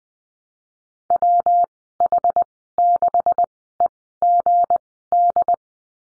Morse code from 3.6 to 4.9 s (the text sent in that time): E G